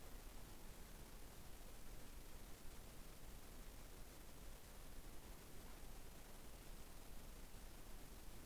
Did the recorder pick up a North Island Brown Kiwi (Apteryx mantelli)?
no